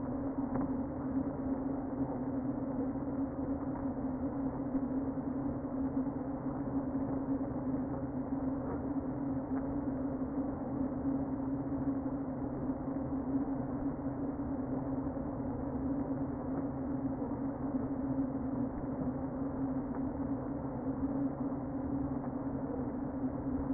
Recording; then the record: honeybee colony, microphone inside the hive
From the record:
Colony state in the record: queen present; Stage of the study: before two queens were removed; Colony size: about 60,000 bees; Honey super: yes